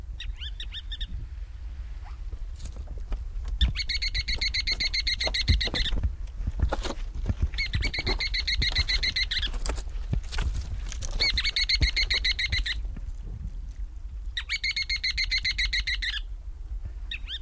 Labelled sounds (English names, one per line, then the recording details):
Ruddy Turnstone call
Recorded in the wild
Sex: diverse
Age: diverse
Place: Halbinsel Kindo, Karelien, RU
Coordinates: 66.5378, 33.1961
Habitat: seashore
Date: 1990-07-08
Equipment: Uher 4000 Report Monitor, Sennheiser MKH 416 T
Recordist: Frommolt, Karl-Heinz